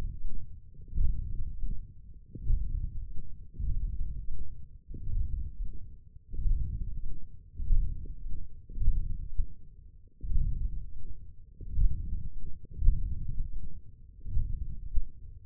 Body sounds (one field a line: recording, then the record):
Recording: forearm muscle sounds (acoustic myography)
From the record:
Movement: hand closing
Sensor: system 1, eight BSWA MPA416 microphones around the upper forearm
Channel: 1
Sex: male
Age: 21 years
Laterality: right